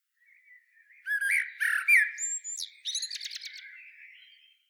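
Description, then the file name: Common blackbird delivering mellow low whistles followed by a rising squeak and a quick series of high twittering notes that trail off. "Turdus merula"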